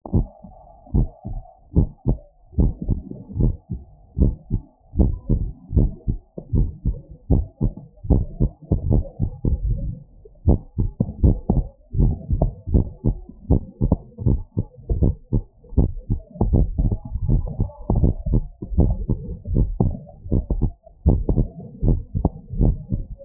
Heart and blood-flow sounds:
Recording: heart sounds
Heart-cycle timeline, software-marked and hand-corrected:
0.00	0.14	diastole
0.14	0.26	S1
0.26	0.48	systole
0.48	0.56	S2
0.56	0.94	diastole
0.94	1.08	S1
1.08	1.30	systole
1.30	1.40	S2
1.40	1.76	diastole
1.76	1.88	S1
1.88	2.08	systole
2.08	2.18	S2
2.18	2.58	diastole
2.58	2.72	S1
2.72	2.90	systole
2.90	3.00	S2
3.00	3.38	diastole
3.38	3.52	S1
3.52	3.72	systole
3.72	3.82	S2
3.82	4.20	diastole
4.20	4.34	S1
4.34	4.52	systole
4.52	4.62	S2
4.62	4.98	diastole
4.98	5.14	S1
5.14	5.32	systole
5.32	5.44	S2
5.44	5.76	diastole
5.76	5.90	S1
5.90	6.08	systole
6.08	6.18	S2
6.18	6.54	diastole
6.54	6.68	S1
6.68	6.86	systole
6.86	6.96	S2
6.96	7.30	diastole
7.30	7.44	S1
7.44	7.62	systole
7.62	7.72	S2
7.72	8.08	diastole
8.08	8.22	S1
8.22	8.42	systole
8.42	8.52	S2
8.52	8.86	diastole
8.86	9.04	S1
9.04	9.22	systole
9.22	9.30	S2
9.30	9.64	diastole
9.64	9.78	S1
9.78	9.98	systole
9.98	10.08	S2
10.08	10.48	diastole
10.48	10.60	S1
10.60	10.80	systole
10.80	10.90	S2
10.90	11.22	diastole
11.22	11.36	S1
11.36	11.54	systole
11.54	11.64	S2
11.64	11.98	diastole
11.98	12.14	S1
12.14	12.30	systole
12.30	12.40	S2
12.40	12.72	diastole
12.72	12.86	S1
12.86	13.06	systole
13.06	13.16	S2
13.16	13.50	diastole
13.50	13.62	S1
13.62	13.82	systole
13.82	13.90	S2
13.90	14.26	diastole
14.26	14.40	S1
14.40	14.58	systole
14.58	14.66	S2
14.66	15.00	diastole
15.00	15.14	S1
15.14	15.34	systole
15.34	15.42	S2
15.42	15.76	diastole
15.76	15.90	S1
15.90	16.10	systole
16.10	16.20	S2
16.20	16.50	diastole
16.50	16.66	S1
16.66	16.84	systole
16.84	16.96	S2
16.96	17.30	diastole
17.30	17.42	S1
17.42	17.60	systole
17.60	17.68	S2
17.68	17.96	diastole
17.96	18.12	S1
18.12	18.30	systole
18.30	18.42	S2
18.42	18.76	diastole
18.76	18.92	S1
18.92	19.10	systole
19.10	19.20	S2
19.20	19.52	diastole
19.52	19.68	S1
19.68	19.86	systole
19.86	19.96	S2
19.96	20.32	diastole
20.32	20.44	S1
20.44	20.62	systole
20.62	20.72	S2
20.72	21.08	diastole
21.08	21.22	S1
21.22	21.38	systole
21.38	21.48	S2
21.48	21.84	diastole
21.84	21.98	S1
21.98	22.16	systole
22.16	22.26	S2
22.26	22.60	diastole
22.60	22.76	S1
22.76	22.92	systole
22.92	23.02	S2
23.02	23.25	diastole
From the record:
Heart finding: normal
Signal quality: good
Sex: male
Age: 64 years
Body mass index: 36.9

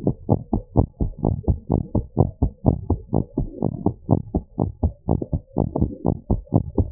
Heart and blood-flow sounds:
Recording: heart sounds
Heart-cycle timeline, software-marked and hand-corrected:
0.00	0.06	systole
0.06	0.14	S2
0.14	0.30	diastole
0.30	0.42	S1
0.42	0.54	systole
0.54	0.62	S2
0.62	0.78	diastole
0.78	0.90	S1
0.90	1.02	systole
1.02	1.12	S2
1.12	1.28	diastole
1.28	1.38	S1
1.38	1.48	systole
1.48	1.58	S2
1.58	1.72	diastole
1.72	1.84	S1
1.84	1.96	systole
1.96	2.06	S2
2.06	2.20	diastole
2.20	2.30	S1
2.30	2.40	systole
2.40	2.50	S2
2.50	2.66	diastole
2.66	2.76	S1
2.76	2.88	systole
2.88	2.98	S2
2.98	3.14	diastole
3.14	3.24	S1
3.24	3.38	systole
3.38	3.48	S2
3.48	3.62	diastole
3.62	3.72	S1
3.72	3.84	systole
3.84	3.94	S2
3.94	4.10	diastole
4.10	4.22	S1
4.22	4.34	systole
4.34	4.44	S2
4.44	4.60	diastole
4.60	4.70	S1
4.70	4.82	systole
4.82	4.92	S2
4.92	5.10	diastole
5.10	5.22	S1
5.22	5.42	systole
5.42	5.56	S2
5.56	5.76	diastole
5.76	5.92	S1
5.92	6.06	systole
6.06	6.14	S2
6.14	6.30	diastole
6.30	6.42	S1
6.42	6.54	systole
6.54	6.62	S2
6.62	6.78	diastole
6.78	6.90	S1
6.90	6.92	systole
From the record:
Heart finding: abnormal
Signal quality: good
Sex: female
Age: 35 years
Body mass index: 31.1

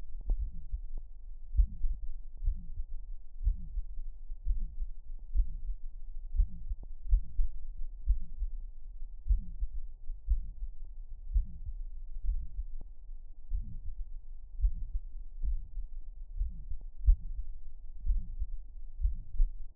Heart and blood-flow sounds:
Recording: heart sounds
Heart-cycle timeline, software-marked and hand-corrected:
0.00	0.39	diastole
0.39	0.51	S1
0.51	0.73	systole
0.73	0.87	S2
0.87	1.51	diastole
1.51	1.67	S1
1.67	1.85	systole
1.85	1.95	S2
1.95	2.45	diastole
2.45	2.57	S1
2.57	2.77	systole
2.77	2.87	S2
2.87	3.43	diastole
3.43	3.57	S1
3.57	3.75	systole
3.75	3.85	S2
3.85	4.47	diastole
4.47	4.61	S1
4.61	4.79	systole
4.79	4.89	S2
4.89	5.35	diastole
5.35	5.47	S1
5.47	5.67	systole
5.67	5.77	S2
5.77	6.35	diastole
6.35	6.47	S1
6.47	6.61	systole
6.61	6.67	S2
6.67	7.11	diastole
7.11	7.23	S1
7.23	7.39	systole
7.39	7.51	S2
7.51	8.07	diastole
8.07	8.23	S1
8.23	8.44	systole
8.44	8.58	S2
8.58	9.27	diastole
9.27	9.41	S1
9.41	9.61	systole
9.61	9.71	S2
9.71	10.29	diastole
10.29	10.43	S1
10.43	10.63	systole
10.63	10.73	S2
10.73	11.31	diastole
11.31	11.45	S1
11.45	11.65	systole
11.65	11.75	S2
11.75	12.27	diastole
12.27	12.41	S1
12.41	12.59	systole
12.59	12.69	S2
12.69	13.51	diastole
13.51	13.64	S1
13.64	13.88	systole
13.88	14.00	S2
14.00	14.60	diastole
14.60	14.71	S1
14.71	14.96	systole
14.96	15.06	S2
15.06	15.45	diastole
15.45	15.57	S1
15.57	15.78	systole
15.78	15.89	S2
15.89	16.36	diastole
16.36	16.48	S1
16.48	16.68	systole
16.68	16.80	S2
16.80	17.05	diastole
17.05	17.19	S1
17.19	17.37	systole
17.37	17.47	S2
17.47	18.07	diastole
18.07	18.21	S1
18.21	18.39	systole
18.39	18.49	S2
18.49	19.01	diastole
19.01	19.15	S1
19.15	19.37	systole
19.37	19.51	S2
19.51	19.76	diastole
From the record:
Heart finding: mitral regurgitation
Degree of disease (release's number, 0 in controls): 2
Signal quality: good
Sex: male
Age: 80 years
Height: 1.65 m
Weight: 90 kg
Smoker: yes

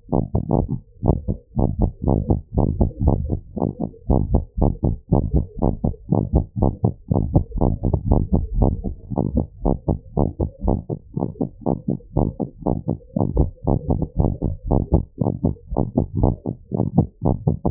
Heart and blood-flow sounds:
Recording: heart sounds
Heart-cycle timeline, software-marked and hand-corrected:
0.00	0.14	diastole
0.14	0.24	S1
0.24	0.36	systole
0.36	0.44	S2
0.44	0.58	diastole
0.58	0.70	S1
0.70	0.84	systole
0.84	0.92	S2
0.92	1.08	diastole
1.08	1.20	S1
1.20	1.34	systole
1.34	1.42	S2
1.42	1.58	diastole
1.58	1.70	S1
1.70	1.82	systole
1.82	1.90	S2
1.90	2.06	diastole
2.06	2.18	S1
2.18	2.30	systole
2.30	2.40	S2
2.40	2.56	diastole
2.56	2.70	S1
2.70	2.78	systole
2.78	2.88	S2
2.88	3.04	diastole
3.04	3.18	S1
3.18	3.30	systole
3.30	3.40	S2
3.40	3.58	diastole
3.58	3.68	S1
3.68	3.82	systole
3.82	3.92	S2
3.92	4.10	diastole
4.10	4.22	S1
4.22	4.32	systole
4.32	4.44	S2
4.44	4.62	diastole
4.62	4.72	S1
4.72	4.84	systole
4.84	4.96	S2
4.96	5.12	diastole
5.12	5.22	S1
5.22	5.34	systole
5.34	5.46	S2
5.46	5.62	diastole
5.62	5.74	S1
5.74	5.86	systole
5.86	5.94	S2
5.94	6.10	diastole
6.10	6.22	S1
6.22	6.34	systole
6.34	6.44	S2
6.44	6.62	diastole
6.62	6.72	S1
6.72	6.84	systole
6.84	6.94	S2
6.94	7.12	diastole
7.12	7.22	S1
7.22	7.34	systole
7.34	7.44	S2
7.44	7.60	diastole
7.60	7.72	S1
7.72	7.84	systole
7.84	7.92	S2
7.92	8.08	diastole
8.08	8.24	S1
8.24	8.34	systole
8.34	8.44	S2
8.44	8.58	diastole
8.58	8.76	S1
8.76	8.90	systole
8.90	8.98	S2
8.98	9.16	diastole
9.16	9.26	S1
9.26	9.38	systole
9.38	9.48	S2
9.48	9.66	diastole
9.66	9.78	S1
9.78	9.90	systole
9.90	10.00	S2
10.00	10.18	diastole
10.18	10.28	S1
10.28	10.40	systole
10.40	10.50	S2
10.50	10.66	diastole
10.66	10.78	S1
10.78	10.92	systole
10.92	11.00	S2
11.00	11.18	diastole
11.18	11.28	S1
11.28	11.42	systole
11.42	11.50	S2
11.50	11.68	diastole
11.68	11.78	S1
11.78	11.94	systole
11.94	12.02	S2
12.02	12.18	diastole
12.18	12.28	S1
12.28	12.42	systole
12.42	12.50	S2
12.50	12.68	diastole
12.68	12.78	S1
12.78	12.94	systole
12.94	13.04	S2
13.04	13.22	diastole
13.22	13.30	S1
13.30	13.38	systole
13.38	13.50	S2
13.50	13.68	diastole
13.68	13.80	S1
13.80	13.94	systole
13.94	14.02	S2
14.02	14.18	diastole
14.18	14.30	S1
14.30	14.44	systole
14.44	14.54	S2
14.54	14.70	diastole
14.70	14.82	S1
14.82	14.94	systole
14.94	15.04	S2
15.04	15.22	diastole
15.22	15.32	S1
15.32	15.44	systole
15.44	15.54	S2
15.54	15.72	diastole
15.72	15.84	S1
15.84	15.98	systole
15.98	16.06	S2
16.06	16.18	diastole
16.18	16.32	S1
16.32	16.48	systole
16.48	16.56	S2
16.56	16.74	diastole
16.74	16.86	S1
16.86	16.96	systole
16.96	17.06	S2
17.06	17.24	diastole
17.24	17.36	S1
17.36	17.48	systole
17.48	17.58	S2
17.58	17.71	diastole
From the record:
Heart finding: abnormal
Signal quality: good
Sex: female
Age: 69 years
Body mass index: 17.2

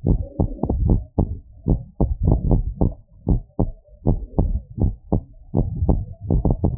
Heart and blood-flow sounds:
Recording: heart sounds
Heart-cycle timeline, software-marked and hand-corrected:
0.00	0.06	diastole
0.06	0.18	S1
0.18	0.38	systole
0.38	0.48	S2
0.48	0.80	diastole
0.80	0.98	S1
0.98	1.18	systole
1.18	1.30	S2
1.30	1.68	diastole
1.68	1.80	S1
1.80	2.02	systole
2.02	2.14	S2
2.14	2.48	diastole
2.48	2.62	S1
2.62	2.82	systole
2.82	2.94	S2
2.94	3.30	diastole
3.30	3.42	S1
3.42	3.60	systole
3.60	3.70	S2
3.70	4.08	diastole
4.08	4.20	S1
4.20	4.38	systole
4.38	4.52	S2
4.52	4.82	diastole
4.82	4.94	S1
4.94	5.12	systole
5.12	5.20	S2
5.20	5.56	diastole
5.56	5.68	S1
5.68	5.82	systole
5.82	5.98	S2
5.98	6.30	diastole
6.30	6.42	S1
6.42	6.62	systole
6.62	6.74	S2
6.74	6.78	diastole
From the record:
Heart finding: normal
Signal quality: good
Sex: female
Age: 45 years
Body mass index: 28.5

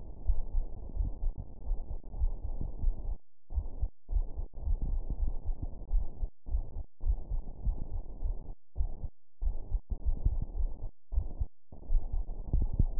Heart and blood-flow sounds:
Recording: heart sounds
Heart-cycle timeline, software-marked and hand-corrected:
not marked
From the record:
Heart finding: coronary artery disease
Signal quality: poor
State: rest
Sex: female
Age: 63 years

